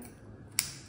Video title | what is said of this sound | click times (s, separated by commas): Mazda Key Fob Battery Replacement | I'm just gonna pop it right back in there. | 0.6 s